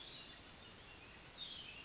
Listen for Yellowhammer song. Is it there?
no